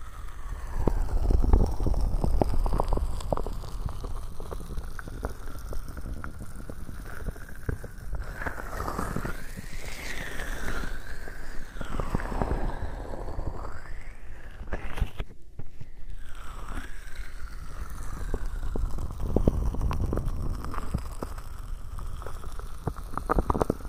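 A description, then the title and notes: Lotion ear massage: a dense, continuous rumbling rub with muffled squishing and crackling strokes throughout. From about eight to fourteen seconds the rubbing takes on a hollow, rising-and-falling whoosh, and a short sharp crackle cuts in around fifteen seconds. ASMR 3Dio Lotion Ear Massage.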